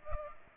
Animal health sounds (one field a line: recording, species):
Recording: mosquito wingbeat signal from an infrared sensor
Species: Culex pipiens